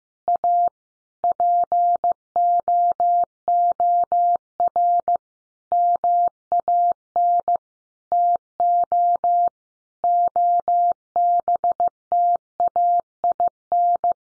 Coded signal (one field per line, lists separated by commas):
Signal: Morse code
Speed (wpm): 15 wpm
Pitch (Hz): 700 Hz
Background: none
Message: A POOR MAN TO OBTAIN